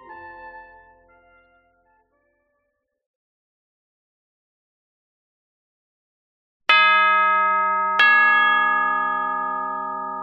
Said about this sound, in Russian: Я стал привыкать к ударам колокола, и они не вызывали у меня панической реакции вскакивать с места и куда-то бежать.